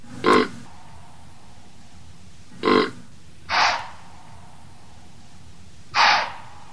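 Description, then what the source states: White-tailed deer snorts: four sharp, breathy blowing bursts, spaced irregularly across about six seconds, with quiet between them. Presented as restored wildlife that can be identified by its sounds.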